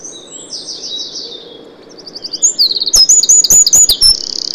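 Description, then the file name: Eurasian wren song: a loud, very high run of rapid trills and sharp, repeated notes, building after a softer opening of fast buzzy trills. "Troglodytes troglodytes"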